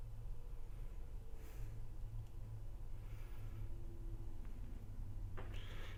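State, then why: Not seated. A plastic helmet accessory is put back onto the head of a Mattel Masters of the Universe Classics Intergalactic Skeletor action figure over a steady low hum, with soft handling rustles around 1.5 s and 3.2 s, a faint tap near 4.5 s and a brighter scrape from about 5.4 s. Nothing has clicked or seated; the helmet does not click in and can fall off, so there is no positive lock.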